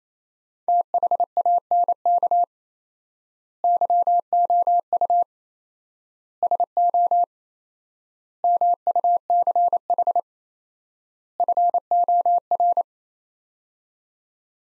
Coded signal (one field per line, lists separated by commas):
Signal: Morse code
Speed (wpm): 27 wpm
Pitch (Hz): 700 Hz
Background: none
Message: THANK YOU SO MUCH FOR